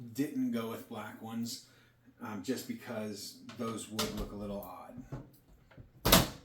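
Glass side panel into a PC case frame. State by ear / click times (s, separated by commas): seated / 6.1 s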